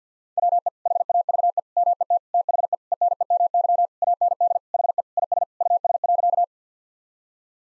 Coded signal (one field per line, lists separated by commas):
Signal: Morse code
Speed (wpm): 50 wpm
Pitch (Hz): 700 Hz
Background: none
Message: WE HAVE MET THE ENEMY AND HE IS US.